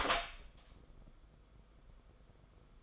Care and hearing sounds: daily activity, microphone in the room; open door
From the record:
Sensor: 5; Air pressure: 990.7 hPa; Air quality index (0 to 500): 154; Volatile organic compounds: 190 ppm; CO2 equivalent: 4179 ppm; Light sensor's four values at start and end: 26/61/25/28 and 26/63/26/28

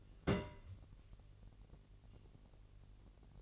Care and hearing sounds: daily activity, microphone in the room; place on stove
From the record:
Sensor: 4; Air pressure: 1002.8 hPa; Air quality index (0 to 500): 237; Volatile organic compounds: 10 ppm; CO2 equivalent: 2228 ppm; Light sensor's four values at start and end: 7/15/6/6 and 7/15/6/6

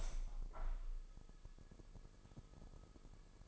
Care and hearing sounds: daily activity, microphone in the room; open window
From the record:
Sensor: 5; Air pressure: 1000.0 hPa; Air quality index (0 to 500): 246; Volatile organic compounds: 33 ppm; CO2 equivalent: 3020 ppm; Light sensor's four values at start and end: 34/80/32/30 and 34/80/32/31

